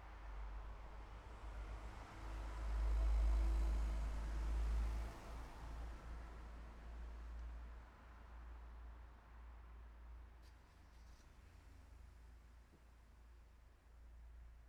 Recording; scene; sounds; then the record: everyday scene through a hearing-aid microphone; in traffic; traffic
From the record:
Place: city secondary road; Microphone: behind the ear, left, front